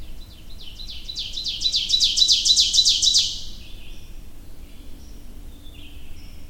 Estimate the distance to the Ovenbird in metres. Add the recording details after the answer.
about 5 m. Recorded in boreal forest in Alberta, Canada, on 22 June 2016 at 05:43. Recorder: SongMeter 3, array SBT-6-76. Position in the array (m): 281 m, 108 m. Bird 1